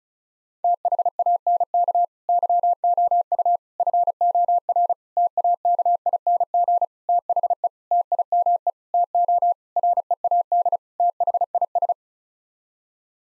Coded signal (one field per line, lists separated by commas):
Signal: Morse code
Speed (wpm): 36 wpm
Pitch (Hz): 700 Hz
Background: none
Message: THANK YOU FOR TAKING THE TIME TO READ THIS